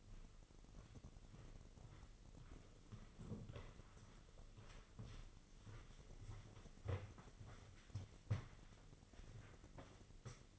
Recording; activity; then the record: daily activity, microphone in the room; walk to room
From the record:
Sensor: 4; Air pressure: 996.3 hPa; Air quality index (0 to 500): 81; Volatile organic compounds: 3 ppm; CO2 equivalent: 1537 ppm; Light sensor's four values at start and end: 19/52/20/21 and 17/46/18/19